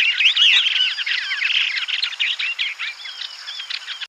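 Yellow-eyed babbler scald song, a rapid jumble of scratchy chirps and slurred whistles, loudest at the start and tapering slightly toward the end.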